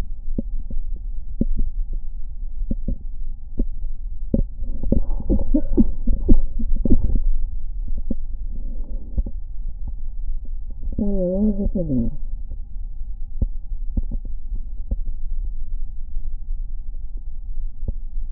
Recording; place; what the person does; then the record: lung sounds by stethoscope; left posterior basal chest; quiet breathing, then cough and speech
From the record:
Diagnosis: asthma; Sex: female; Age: 66 years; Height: 172 cm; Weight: 76 kg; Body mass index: 25.7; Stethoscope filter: diaphragm mode